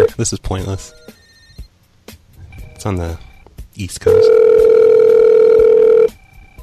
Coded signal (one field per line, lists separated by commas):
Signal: telephone call progress tone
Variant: North America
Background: speech, music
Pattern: ringback tone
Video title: The Phone Show - February 9th, 2010 - RBCP DOESNT FART EVER